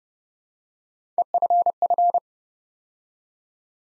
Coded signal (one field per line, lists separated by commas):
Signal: Morse code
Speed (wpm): 30 wpm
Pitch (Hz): 700 Hz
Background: none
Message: EFF